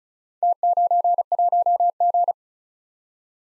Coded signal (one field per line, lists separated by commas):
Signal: Morse code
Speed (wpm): 34 wpm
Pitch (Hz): 700 Hz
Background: none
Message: T91G